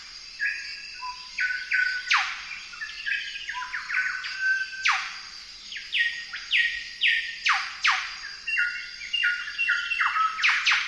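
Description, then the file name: Golden whistler song: bright whistled notes in short runs broken by loud, sharp downward-sweeping cracks, repeated several times over a steady high hiss. "golden whistler bird singing"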